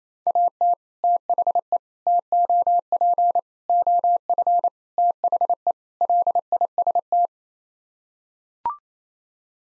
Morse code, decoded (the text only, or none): AT THE TOP OF THE LIST